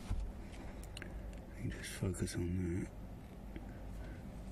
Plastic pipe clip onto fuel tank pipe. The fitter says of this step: see you think you've heard it click just